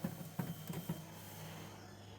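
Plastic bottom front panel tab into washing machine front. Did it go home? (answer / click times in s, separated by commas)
no / none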